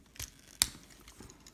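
A part of a plastic Prime Wars Trilogy Punch/Counterpunch transforming robot figure is repositioned and pushed home into the figure's body. A soft plastic tick at 0.2 s is followed by a single sharp, loud snap at 0.6 s, then a few faint ticks near 1.3 s and 1.5 s. The part seats with the click at 0.6 s.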